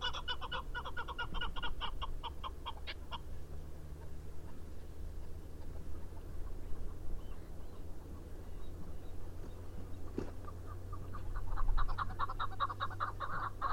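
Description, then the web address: Chukar partridge calling in bursts of rapid, repeated clucking notes at the start and end, a quieter stretch between, over a steady low hum. "sound Chukar. صدای-کبک-چوکار"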